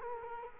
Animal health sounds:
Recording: mosquito wingbeat signal from an infrared sensor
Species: Culex quinquefasciatus

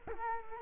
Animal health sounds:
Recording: mosquito wingbeat signal from an infrared sensor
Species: Culex quinquefasciatus

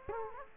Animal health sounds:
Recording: mosquito wingbeat signal from an infrared sensor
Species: Culex quinquefasciatus

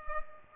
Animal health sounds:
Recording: mosquito wingbeat signal from an infrared sensor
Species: Culex pipiens

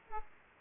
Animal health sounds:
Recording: mosquito wingbeat signal from an infrared sensor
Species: Aedes aegypti

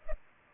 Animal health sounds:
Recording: mosquito wingbeat signal from an infrared sensor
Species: Culex pipiens

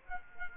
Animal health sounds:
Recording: mosquito wingbeat signal from an infrared sensor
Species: Culex quinquefasciatus

